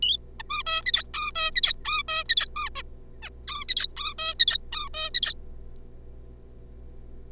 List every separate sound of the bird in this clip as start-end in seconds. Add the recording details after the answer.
0.01-0.18, 0.40-0.43, 0.50-0.63, 0.67-0.82, 0.86-1.04, 1.14-1.32, 1.35-1.51, 1.56-1.74, 1.85-2.03, 2.08-2.24, 2.29-2.48, 2.56-2.69, 2.75-2.82, 3.23-3.29, 3.48-3.65, 3.69-3.88, 3.97-4.14, 4.18-4.34, 4.40-4.58, 4.72-4.89, 4.94-5.10, 5.14-5.34. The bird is a juvenile. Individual R3549